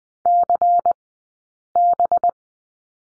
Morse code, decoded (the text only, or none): CB